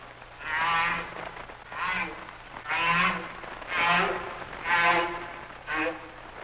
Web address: Whale Songs Sounds of Nature - Humpback Whales